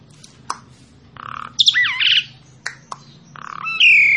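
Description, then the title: Asian pied starling song: scattered clicks and short harsh notes, a quick run of looping whistles, then a long whistle that slides gently downward, over a faint low hum. Master recording for training captive birds. "Masteran Ampuh Jalak Suren"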